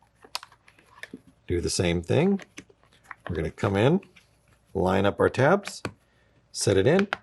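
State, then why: Seated. A new lens is pushed into a Base GS paintball goggle frame with its tabs lined up, and the lens lock is rotated back. A sharp plastic snap is heard at 0.4 s as the lock seats home, followed by a few light clicks and someone talking.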